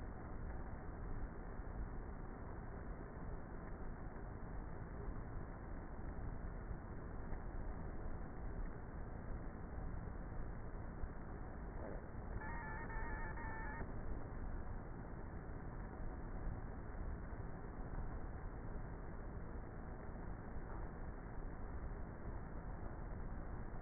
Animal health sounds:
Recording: honeybee colony, microphone inside the hive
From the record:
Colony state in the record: queenless with a low population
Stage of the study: before two queens were removed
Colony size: about 30,000 bees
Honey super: no

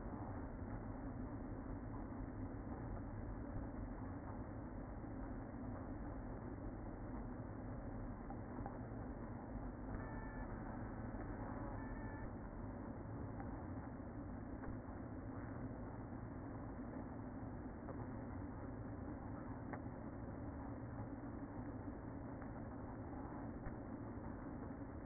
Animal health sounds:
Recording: honeybee colony, microphone inside the hive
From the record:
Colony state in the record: queen present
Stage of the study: after two queens were removed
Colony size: about 60,000 bees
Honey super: yes

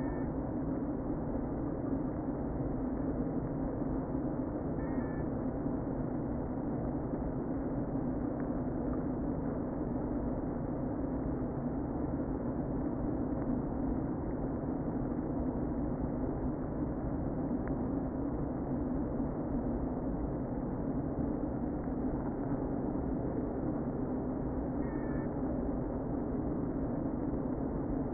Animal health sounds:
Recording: honeybee colony, microphone inside the hive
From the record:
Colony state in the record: queen present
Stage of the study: before two queens were removed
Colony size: about 60,000 bees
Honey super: yes

